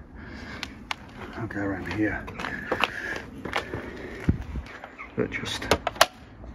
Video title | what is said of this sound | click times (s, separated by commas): Fitting the MotoBrite LED Hazard Warning Triangle | nicely click in place and that unit will be off now | 6.0 s